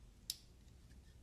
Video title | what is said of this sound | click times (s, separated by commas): Do you “Multi-Tool”? The Leatherman Skeletool and Charge +. | push that button to unlock it | 0.3 s